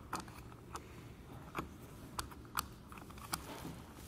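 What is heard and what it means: A plastic cover is hooked in at the bottom and pushed back toward the foot of a Yakima RidgeLine roof rack for flush rails on a 2020 Mazda CX-5. Sharp plastic handling ticks are heard around 0.2, 0.8, 1.6, 2.2, 2.6 and 3.3 seconds over a low background hum. The cover has not snapped closed yet; nothing has seated.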